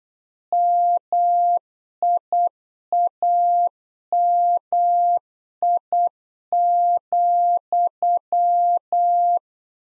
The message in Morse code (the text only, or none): MIAMI,